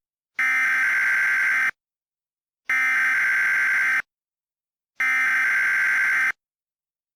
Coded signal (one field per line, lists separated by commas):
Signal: Emergency Alert System (SAME) tones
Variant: header bursts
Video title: EAS Mock 15: Majesty